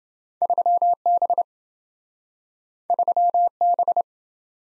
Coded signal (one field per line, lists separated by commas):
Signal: Morse code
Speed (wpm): 28 wpm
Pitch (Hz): 700 Hz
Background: none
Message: 3B 3B